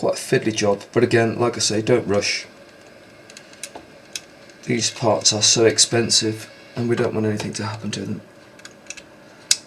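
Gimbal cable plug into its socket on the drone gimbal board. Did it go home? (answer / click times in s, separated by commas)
yes / 9.5 s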